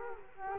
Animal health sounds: mosquito wingbeat signal from an infrared sensor; Culex quinquefasciatus

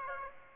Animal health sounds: mosquito wingbeat signal from an infrared sensor; Aedes aegypti

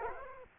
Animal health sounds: mosquito wingbeat signal from an infrared sensor; Culex quinquefasciatus

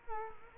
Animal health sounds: mosquito wingbeat signal from an infrared sensor; Culex quinquefasciatus

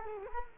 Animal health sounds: mosquito wingbeat signal from an infrared sensor; Culex quinquefasciatus

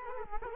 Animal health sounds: mosquito wingbeat signal from an infrared sensor; Culex quinquefasciatus

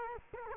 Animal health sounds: mosquito wingbeat signal from an infrared sensor; Culex quinquefasciatus

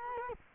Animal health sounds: mosquito wingbeat signal from an infrared sensor; Culex quinquefasciatus

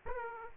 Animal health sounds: mosquito wingbeat signal from an infrared sensor; Aedes aegypti

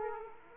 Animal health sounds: mosquito wingbeat signal from an infrared sensor; Aedes aegypti

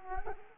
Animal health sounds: mosquito wingbeat signal from an infrared sensor; Culex quinquefasciatus

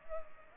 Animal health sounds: mosquito wingbeat signal from an infrared sensor; Culex pipiens

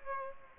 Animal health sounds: mosquito wingbeat signal from an infrared sensor; Aedes aegypti

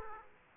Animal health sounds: mosquito wingbeat signal from an infrared sensor; Aedes aegypti

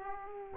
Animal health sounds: mosquito wingbeat signal from an infrared sensor; Aedes aegypti

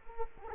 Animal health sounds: mosquito wingbeat signal from an infrared sensor; Culex quinquefasciatus

